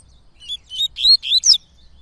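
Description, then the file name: Yellow-bellied seedeater song: a quick phrase of several bright, twittering note clusters high in pitch, over faint low background hum. "canto de coleiro baiano"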